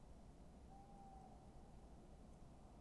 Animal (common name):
Tawny Owl